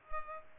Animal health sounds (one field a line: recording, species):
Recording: mosquito wingbeat signal from an infrared sensor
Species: Culex pipiens